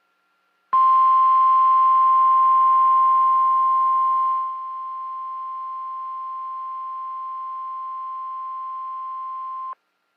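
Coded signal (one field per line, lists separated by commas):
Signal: Emergency Alert System (SAME) tones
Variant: 1050 Hz attention tone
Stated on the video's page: Severe Thunderstorm Warning SAME tones from the Shreveport weather service on NOAA weather radio transmitter WXJ97.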